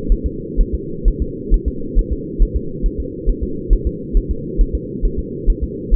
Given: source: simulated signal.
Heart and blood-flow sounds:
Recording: fetal heart sounds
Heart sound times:
0.12 s: S1
0.26 s: S2
0.61 s: S1
0.74 s: S2
1.08 s: S1
1.22 s: S2
1.54 s: S1
1.68 s: S2
1.99 s: S1
2.13 s: S2
2.42 s: S1
2.56 s: S2
2.86 s: S1
3.00 s: S2
3.29 s: S1
3.43 s: S2
3.73 s: S1
3.87 s: S2
4.17 s: S1
4.31 s: S2
4.61 s: S1
4.75 s: S2
5.05 s: S1
5.19 s: S2
5.50 s: S1
5.63 s: S2
5.94 s: S1
From the record:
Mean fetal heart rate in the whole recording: 130 bpm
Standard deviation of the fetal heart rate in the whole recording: 4 bpm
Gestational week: 38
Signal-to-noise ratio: -4.3 dB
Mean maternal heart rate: 72 bpm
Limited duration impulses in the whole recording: absent

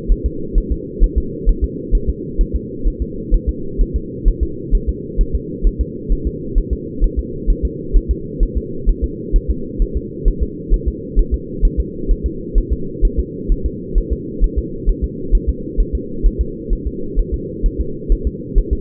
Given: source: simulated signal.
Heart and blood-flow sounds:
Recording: fetal heart sounds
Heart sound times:
0.12 s: S1
0.26 s: S2
0.58 s: S1
0.72 s: S2
1.04 s: S1
1.18 s: S2
1.49 s: S1
1.64 s: S2
1.95 s: S1
2.10 s: S2
2.41 s: S1
2.56 s: S2
2.87 s: S1
3.02 s: S2
3.34 s: S1
3.49 s: S2
3.81 s: S1
3.96 s: S2
4.28 s: S1
4.43 s: S2
4.75 s: S1
4.89 s: S2
5.21 s: S1
5.35 s: S2
5.67 s: S1
5.81 s: S2
6.12 s: S1
6.27 s: S2
6.58 s: S1
6.73 s: S2
7.04 s: S1
7.19 s: S2
7.50 s: S1
7.65 s: S2
7.97 s: S1
8.11 s: S2
8.43 s: S1
8.58 s: S2
8.89 s: S1
9.04 s: S2
9.36 s: S1
9.50 s: S2
9.82 s: S1
9.97 s: S2
10.28 s: S1
10.43 s: S2
10.74 s: S1
10.88 s: S2
11.19 s: S1
11.34 s: S2
11.65 s: S1
11.80 s: S2
12.11 s: S1
12.26 s: S2
12.58 s: S1
12.73 s: S2
13.05 s: S1
13.19 s: S2
13.52 s: S1
13.66 s: S2
13.98 s: S1
14.13 s: S2
14.44 s: S1
14.58 s: S2
14.89 s: S1
15.04 s: S2
15.35 s: S1
15.49 s: S2
15.80 s: S1
15.95 s: S2
16.26 s: S1
16.41 s: S2
16.73 s: S1
16.87 s: S2
17.19 s: S1
17.34 s: S2
17.66 s: S1
17.81 s: S2
18.12 s: S1
18.27 s: S2
18.58 s: S1
18.73 s: S2
From the record:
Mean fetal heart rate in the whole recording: 130 bpm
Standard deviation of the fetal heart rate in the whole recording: 2 bpm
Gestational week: 38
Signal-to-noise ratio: -4.3 dB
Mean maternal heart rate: 72 bpm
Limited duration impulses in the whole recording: absent

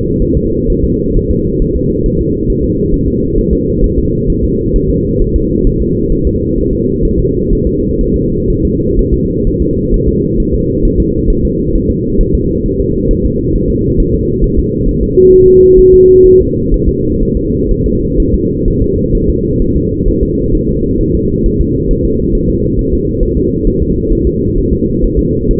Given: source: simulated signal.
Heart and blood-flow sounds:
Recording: fetal heart sounds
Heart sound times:
0.22 s: S1
0.37 s: S2
0.70 s: S1
0.84 s: S2
1.17 s: S1
1.31 s: S2
1.62 s: S1
1.76 s: S2
2.06 s: S1
2.21 s: S2
2.50 s: S1
2.64 s: S2
2.94 s: S1
3.08 s: S2
3.38 s: S1
3.53 s: S2
3.84 s: S1
3.98 s: S2
4.30 s: S1
4.44 s: S2
4.76 s: S1
4.90 s: S2
5.22 s: S1
5.36 s: S2
5.67 s: S1
5.81 s: S2
6.12 s: S1
6.27 s: S2
6.58 s: S1
6.73 s: S2
7.05 s: S1
7.19 s: S2
7.53 s: S1
7.67 s: S2
8.01 s: S1
8.16 s: S2
8.50 s: S1
8.65 s: S2
8.99 s: S1
9.14 s: S2
9.47 s: S1
9.62 s: S2
9.94 s: S1
10.08 s: S2
10.40 s: S1
10.54 s: S2
10.85 s: S1
11.00 s: S2
11.30 s: S1
11.45 s: S2
11.75 s: S1
11.90 s: S2
12.21 s: S1
12.35 s: S2
12.66 s: S1
12.80 s: S2
13.11 s: S1
13.25 s: S2
13.56 s: S1
13.70 s: S2
14.00 s: S1
14.14 s: S2
14.44 s: S1
14.59 s: S2
14.89 s: S1
15.03 s: S2
15.34 s: S1
15.48 s: S2
15.79 s: S1
15.94 s: S2
16.26 s: S1
16.41 s: S2
16.74 s: S1
16.89 s: S2
17.23 s: S1
17.37 s: S2
17.71 s: S1
17.86 s: S2
18.20 s: S1
18.34 s: S2
18.68 s: S1
18.82 s: S2
19.15 s: S1
19.30 s: S2
19.62 s: S1
19.76 s: S2
20.08 s: S1
20.23 s: S2
20.55 s: S1
20.69 s: S2
21.01 s: S1
21.15 s: S2
21.46 s: S1
21.61 s: S2
21.91 s: S1
22.05 s: S2
22.35 s: S1
22.50 s: S2
22.79 s: S1
22.93 s: S2
23.23 s: S1
23.37 s: S2
23.67 s: S1
23.82 s: S2
24.12 s: S1
24.27 s: S2
24.58 s: S1
24.73 s: S2
25.04 s: S1
25.19 s: S2
25.51 s: S1
From the record:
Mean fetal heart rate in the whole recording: 130 bpm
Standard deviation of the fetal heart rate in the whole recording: 4 bpm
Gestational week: 38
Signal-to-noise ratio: -10.2 dB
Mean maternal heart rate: 72 bpm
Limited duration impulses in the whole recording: present

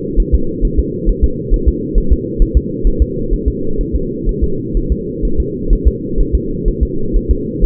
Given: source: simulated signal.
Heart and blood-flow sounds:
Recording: fetal heart sounds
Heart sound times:
0.20 s: S1
0.34 s: S2
0.65 s: S1
0.79 s: S2
1.09 s: S1
1.24 s: S2
1.54 s: S1
1.68 s: S2
1.98 s: S1
2.12 s: S2
2.42 s: S1
2.57 s: S2
2.87 s: S1
3.02 s: S2
3.33 s: S1
3.48 s: S2
3.81 s: S1
3.96 s: S2
4.29 s: S1
4.44 s: S2
4.77 s: S1
4.92 s: S2
5.25 s: S1
5.40 s: S2
5.73 s: S1
5.88 s: S2
6.20 s: S1
6.35 s: S2
6.68 s: S1
6.83 s: S2
7.16 s: S1
7.31 s: S2
7.64 s: S1
From the record:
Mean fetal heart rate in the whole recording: 130 bpm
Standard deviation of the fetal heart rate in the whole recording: 4 bpm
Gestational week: 38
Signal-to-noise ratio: -8.1 dB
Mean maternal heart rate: 72 bpm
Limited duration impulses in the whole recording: absent

